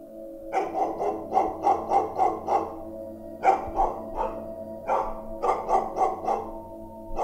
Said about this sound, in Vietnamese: Đột nhiên từ bên ngoài sân, tiếng con chó nhà hàng xóm nó sủa nhấm nha nhấm nhẳng sang bên này, sủa giật cục từng hồi một, lạ lắm.